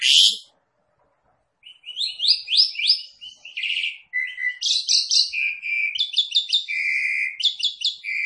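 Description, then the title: Javan pied starling calling, one sharp note, a pause, then a long varied stream of whistled, buzzy and chattering phrases at shifting pitches. Lure call, meant to make another bird start calling right away. "Pancingan Jalak Suren Langsung Bunyi"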